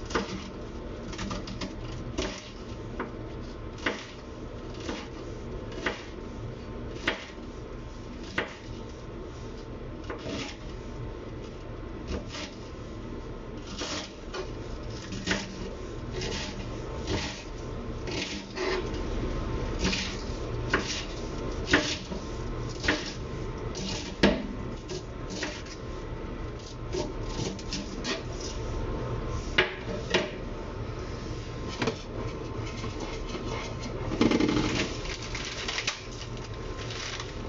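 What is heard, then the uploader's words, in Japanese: Kitchen sounds from cooking a chicken breast and vegetable stir-fry: a steady low sizzle and hum runs throughout, broken by frequent sharp knocks and clatters of pans, utensils and cupboards. The clinks come every second or two, with a louder clatter near the 34-second mark. 調理の音 鶏むね野菜炒め。キッチンでの物音をお送りします。主に鶏むね野菜炒め（一部卵とじ）を作っています。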